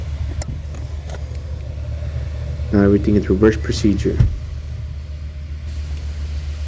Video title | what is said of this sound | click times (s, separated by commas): #Lexus Air Conditioning Problem. #IS350 AC Servo Motor Replacement #automotive #mechanic #repair | I'm going to line up the connector into place and push down on it till it clicks now | 0.4 s